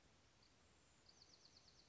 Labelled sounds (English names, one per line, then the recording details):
Bewick's Wren
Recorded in Sonoma County, California